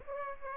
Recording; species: mosquito wingbeat signal from an infrared sensor; Aedes aegypti